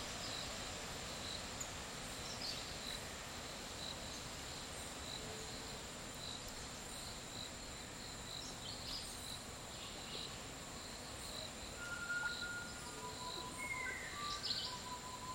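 Midday dry forest ambience with a steady high insect drone, a dense low rumble beneath, and brief bird calls near the end.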